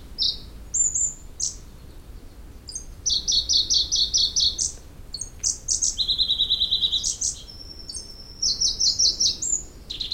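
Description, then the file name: Pallas's leaf warbler song: high, rapid trilled phrases of repeated notes, each phrase at a different pitch, switching quickly between bright rattles and brief sharp notes. "warbler-pallas-leaf 003-Phylloscopus-proregulus"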